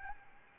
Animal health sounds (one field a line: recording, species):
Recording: mosquito wingbeat signal from an infrared sensor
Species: Aedes albopictus